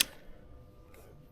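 On a OneBot S7F e-bike's folding joint, the release tab on the other side is pressed and the folding latch clicks open at 0.0 s. This sharp, bright click is followed by quiet low rumble and a faint softer tick near 0.9 s, and the latch is released.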